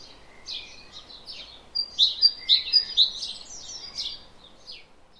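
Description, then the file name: Great tit calls: a loose mix of high chirps and slurred notes, with a brief cluster of sharp, louder notes near the middle, over faint background noise. "Parus major"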